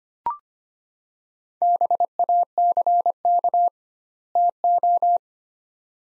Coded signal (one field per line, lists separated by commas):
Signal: Morse code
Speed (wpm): 25 wpm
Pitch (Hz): 700 Hz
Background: none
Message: BACK TO